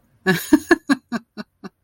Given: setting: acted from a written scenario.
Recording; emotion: vocal sound without words; amusement